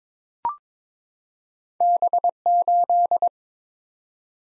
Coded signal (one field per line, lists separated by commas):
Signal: Morse code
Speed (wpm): 22 wpm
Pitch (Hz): 700 Hz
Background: none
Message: B8